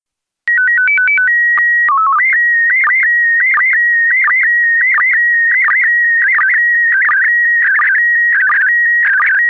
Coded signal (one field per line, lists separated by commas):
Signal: SSTV (slow-scan television)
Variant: PD 90